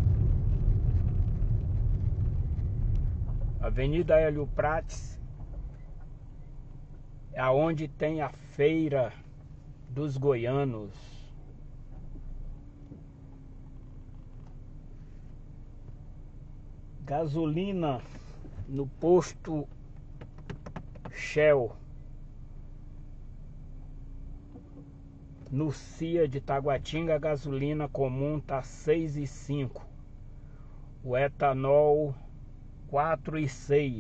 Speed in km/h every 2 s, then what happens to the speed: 19, 9, 2, 0, 0, 0, 0, 0, 0, 0, 0, 0, 0, 0, 0, 0, 0.
0-4 brakes to 2. 4-34 standing.